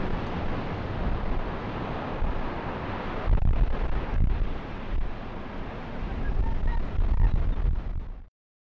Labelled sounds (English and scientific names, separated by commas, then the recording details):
Arctic Fox (Vulpes lagopus)
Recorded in the wild
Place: Insel Mednyi, Kommandeur-Inseln, RU
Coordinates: 54.5167, 168.083
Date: 1999-07-05 16:08
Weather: Nebel, 8°C
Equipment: Sony WM-D6C, Sennheiser ME 80, K 30 AV, Filter, Windkorb, Kopie Tascam DA 30
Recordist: Jakupi, Antje
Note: Südosten der Insel, Geröllfeld: Unbekanntes Tier bellt im Geröllfeld. Tier nicht gesehen. Eine Bellstrophe (Schlechtes Signal-Rausch-Verhältnis - starke Windgeräusche!!!), Fortsetzung von vorheriger Aufnahme